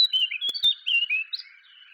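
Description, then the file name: Eurasian blackcap song fragment: a quick run of clear whistled notes sliding up and down, with a few sharp clicks. "Sylvia atricapilla"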